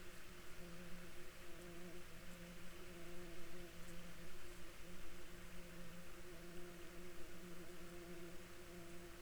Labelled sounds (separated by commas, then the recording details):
water, insects
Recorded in Ivvavik National Park, Yukon, on 2 June 2019 at 04:54
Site SINP06